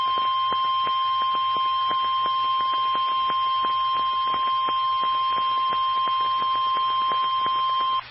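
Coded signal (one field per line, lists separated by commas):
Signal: Emergency Alert System (SAME) tones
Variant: 1050 Hz attention tone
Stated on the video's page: Tornado warning EAS tones from NOAA weather radio station WXJ46, Miamisburg, Ohio.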